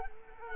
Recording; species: mosquito wingbeat signal from an infrared sensor; Culex quinquefasciatus